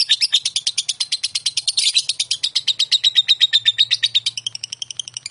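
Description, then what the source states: Lovebird delivering nonstop rapid chattering, high and buzzy. Konslet song style.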